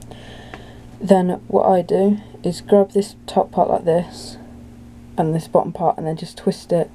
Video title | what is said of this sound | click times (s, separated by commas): How To Take Apart A Turbopower Brushroll Bearing | or something push down until it snaps back on then | 0.5 s